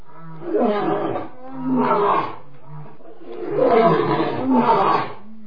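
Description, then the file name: Lion roaring in four rough, throaty bursts, coming in two pairs, over a steady low hum. Roaring while marking its territory. "lev richit i oboznachaet svoyu territoriyu"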